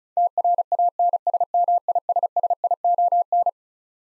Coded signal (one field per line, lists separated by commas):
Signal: Morse code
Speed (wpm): 34 wpm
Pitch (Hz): 700 Hz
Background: none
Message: TRANSMISSION